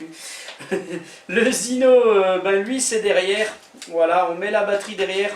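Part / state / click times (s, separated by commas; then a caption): flight battery into rear bay of camera drone / not seated / none. A flight battery is handled at the rear bay of a camera drone, about to be pushed into the back of the drone body, while someone talks throughout. Nothing has seated or clicked yet; the clip ends just before the battery goes home.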